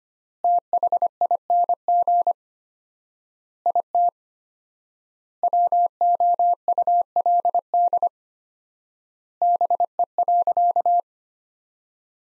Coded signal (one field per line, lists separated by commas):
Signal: Morse code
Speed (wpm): 25 wpm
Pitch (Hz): 700 Hz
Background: none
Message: THING IT WOULD BE.